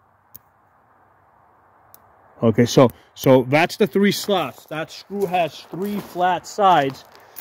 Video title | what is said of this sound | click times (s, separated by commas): Palmetto AR-10 gas valve... recovering missing positions | well right now it's completely open once you get down you start hearing clicks click there you go | 0.4 s, 1.9 s